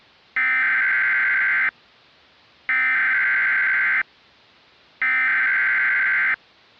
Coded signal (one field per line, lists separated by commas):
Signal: Emergency Alert System (SAME) tones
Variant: header bursts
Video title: (VALID TONES) EAS Mock - Evil Darwin, The Conclusion (Part 4) (READ DESCRIPTION)